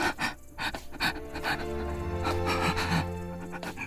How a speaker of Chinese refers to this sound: 可是齐成却动不了了，再一次脱力，躺在床上喘得像一条离开水的鱼。